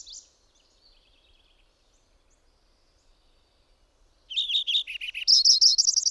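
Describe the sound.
Bird song: a brief high note, a quiet pause, then a loud phrase of repeated descending notes breaking into a rapid, ringing high trill.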